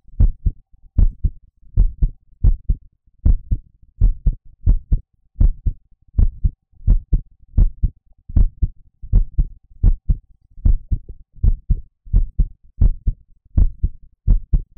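Steady paired low thumps, a clear lub-dub, repeat at about 77 beats a minute in an even rhythm. It is an ordinary adult heartbeat heard close up, with no extra sounds between beats.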